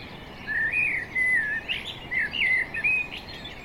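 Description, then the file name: Common blackbird song: a string of mellow, fluty whistled notes that rise and fall, delivered unhurriedly with short pauses between them, against soft background noise. "Turdus merula"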